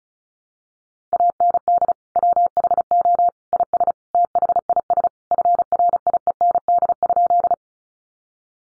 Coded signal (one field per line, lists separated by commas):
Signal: Morse code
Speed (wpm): 34 wpm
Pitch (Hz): 700 Hz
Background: none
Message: AND WHO IS THIS FRIEND?